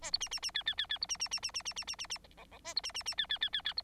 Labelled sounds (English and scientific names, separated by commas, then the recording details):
Bengalese Finch (Lonchura striata domestica) song
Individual Bird9